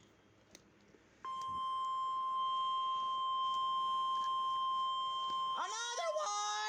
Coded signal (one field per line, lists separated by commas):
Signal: Emergency Alert System (SAME) tones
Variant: 1050 Hz attention tone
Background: speech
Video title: EAS alerts on 3/3/2023